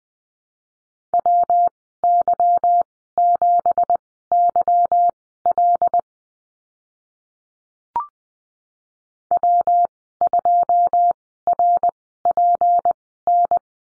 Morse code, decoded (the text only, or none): WY7YL W2RPN